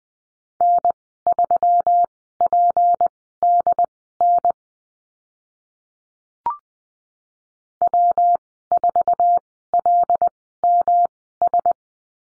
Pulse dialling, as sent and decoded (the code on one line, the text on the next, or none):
none